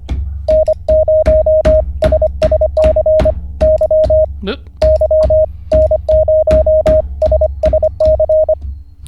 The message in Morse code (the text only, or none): N0SSC Y Y N0SSC